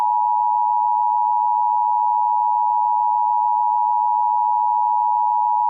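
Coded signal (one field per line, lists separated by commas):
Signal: Emergency Alert System (SAME) tones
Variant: 853 and 960 Hz attention tone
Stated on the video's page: Fictional EAS scenario depicting a total blackout.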